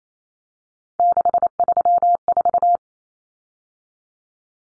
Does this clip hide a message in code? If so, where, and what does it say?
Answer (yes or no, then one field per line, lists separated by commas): yes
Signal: Morse code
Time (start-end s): 1.0-2.8 s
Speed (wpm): 28 wpm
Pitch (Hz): 700 Hz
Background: none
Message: 634